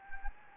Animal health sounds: mosquito wingbeat signal from an infrared sensor; Anopheles gambiae

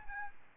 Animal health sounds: mosquito wingbeat signal from an infrared sensor; Aedes albopictus

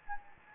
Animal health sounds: mosquito wingbeat signal from an infrared sensor; Anopheles gambiae

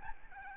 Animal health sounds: mosquito wingbeat signal from an infrared sensor; Aedes albopictus

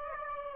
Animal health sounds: mosquito wingbeat signal from an infrared sensor; Aedes aegypti

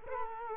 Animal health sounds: mosquito wingbeat signal from an infrared sensor; Culex quinquefasciatus

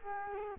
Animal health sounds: mosquito wingbeat signal from an infrared sensor; Culex quinquefasciatus

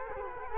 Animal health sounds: mosquito wingbeat signal from an infrared sensor; Culex quinquefasciatus

